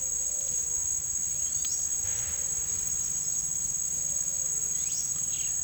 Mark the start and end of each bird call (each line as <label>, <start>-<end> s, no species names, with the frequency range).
bird call (2.9-5.7 kHz), 1.35-2.01 s
bird call (1.4-5.9 kHz), 4.82-5.62 s